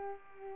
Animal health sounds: mosquito wingbeat signal from an infrared sensor; Culex pipiens

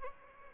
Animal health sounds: mosquito wingbeat signal from an infrared sensor; Aedes albopictus

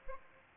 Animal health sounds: mosquito wingbeat signal from an infrared sensor; Aedes aegypti

